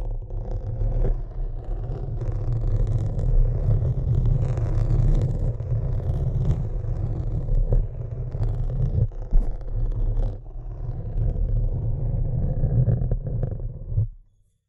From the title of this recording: Tapping & Scratching